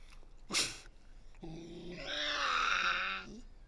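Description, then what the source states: Tasmanian devil making a sharp rasp followed by a low growl that rises into a loud harsh screech lasting over a second. Resident devils discussing who has priority, in an enclosure at the Devils@Cradle conservation facility, Cradle Mountain, Tasmania, on 24 October 2007.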